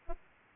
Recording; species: mosquito wingbeat signal from an infrared sensor; Aedes aegypti